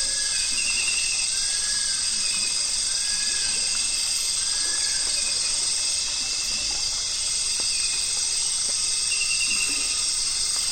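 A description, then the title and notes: Nightfall on the Zabalo River in Ecuador brings a dense, unbroken shrill of insects that holds steady for the whole clip. Short rising chirps repeat every second or two underneath, and a few soft, scattered low sounds come and go. Nightfall on the Zabalo. Today we’re visiting the Zabalo River in Ecuador.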